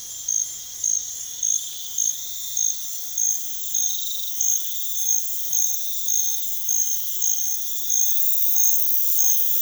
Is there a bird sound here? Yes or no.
no